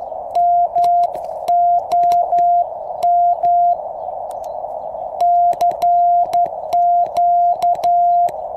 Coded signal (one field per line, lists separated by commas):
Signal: Morse code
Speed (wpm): 13 wpm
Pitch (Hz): 700 Hz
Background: none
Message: MOM CQ